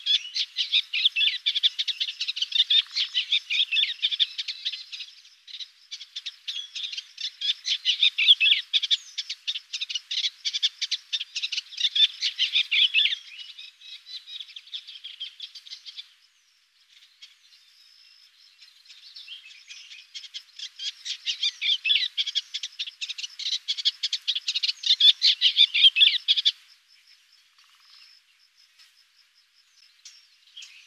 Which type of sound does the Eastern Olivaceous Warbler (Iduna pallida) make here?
song